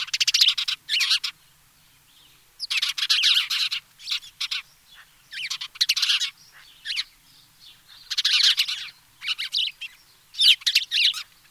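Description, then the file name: House sparrow giving harsh chattering calls in broad noisy bursts, several in a row with quiet gaps between them. "Passer domesticus"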